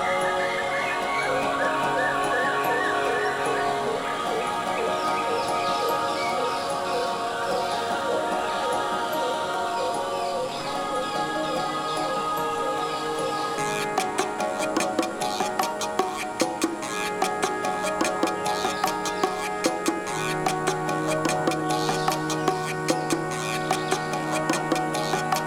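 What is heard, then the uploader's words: A musical jungle scene: layered sustained tones with chirping, bird-like calls weaving through the first half. Around fourteen seconds a fast, regular ticking pulse joins in and continues to the end, with a low steady note entering near twenty seconds. A Musical Day in the Jungle.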